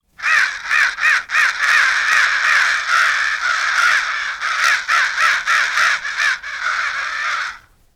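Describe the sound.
Bird giving harsh, raspy cawing calls in a rapid, uneven series of overlapping notes that runs almost unbroken for about seven seconds before stopping abruptly.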